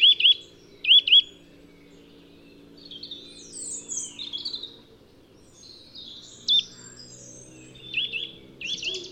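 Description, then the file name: Eurasian nuthatch calls, short sharp paired notes repeated at the start, then scattered higher bird notes from other birds, with a low steady hum behind. "Sitta europaea"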